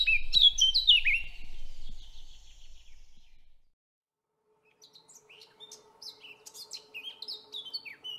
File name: chant fauvette a tete noire sylvia atricapilla